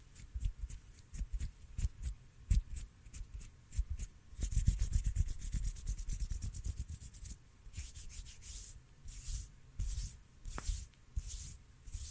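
Hands rubbing and brushing together in a steady run of soft swishes and quick taps, with a low thumping underneath. The rubbing grows denser and louder around four to seven seconds, then turns into longer, airier swipes with a brief tone near ten seconds.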